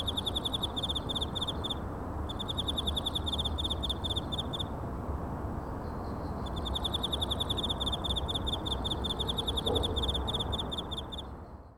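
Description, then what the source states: Cricket song in three long bursts of fast, shrill, pulsing chirps separated by brief pauses, with a continuous low hiss and rumble underneath throughout. Recorded in China.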